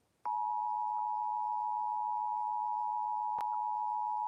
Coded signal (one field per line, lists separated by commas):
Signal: Emergency Alert System (SAME) tones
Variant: 853 and 960 Hz attention tone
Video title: EAS Severe T’storm Warning #24 3/14/25 (Credit Goes To @SouthernPennsylvaniaWX & @KanawhaCountyWX)